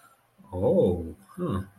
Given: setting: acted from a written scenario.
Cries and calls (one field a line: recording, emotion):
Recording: vocal sound without words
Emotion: realization